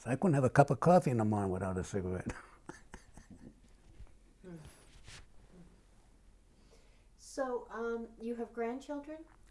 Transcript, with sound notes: I couldn't have a cup of coffee in the morning without a cigarette. [laughs]
Hm. So you have grandchildren?